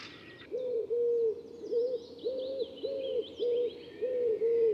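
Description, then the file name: Common wood pigeon's low, mellow coos in a rhythmic run of about seven notes, with faint high bird twitters behind. "Ringdue"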